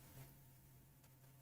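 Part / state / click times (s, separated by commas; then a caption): plastic brick receptacle piece into a build assembly / not seated / none. A LEGO plastic brick receptacle piece is pressed into a build assembly, giving only a faint low hum and soft background noise with no distinct transient. Nothing has clicked or seated audibly yet; the receptacle piece fails to click this time.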